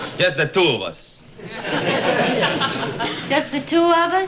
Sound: laughter

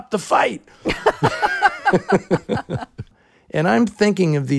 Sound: laughter

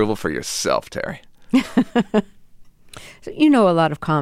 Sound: laughter

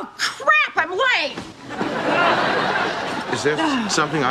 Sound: laughter

